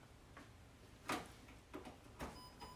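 A second RAM stick is inserted in the same orientation as the first and pressed down into a motherboard DIMM slot. The clip latches with a sharp click at 1.1 s, and softer ticks and taps come before and after it. The module is seated.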